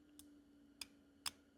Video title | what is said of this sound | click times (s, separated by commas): OM617 Turbo Diesel Timing Chain Tensioner Installation Procedure. | Hear those clickings? Each one of those clicks will keep that locked. | 0.2 s, 0.8 s, 1.3 s